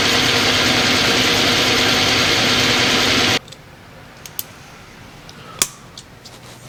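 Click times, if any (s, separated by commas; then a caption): 5.6 s. A metal fitting is worked into its seat during an aluminum eBay head install, using a size 11 after a 10 would not snap in. A steady loud broadband noise cuts off at about 3.4 s, leaving quiet handling with small ticks at 3.5, 4.3 and 4.4 s. The sharp snap at 5.6 s is the part seating into place.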